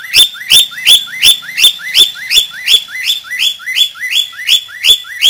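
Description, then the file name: Budgerigar giving a steady, unbroken series of rising whistled chirps, close to three per second. "suara burung parkit australia"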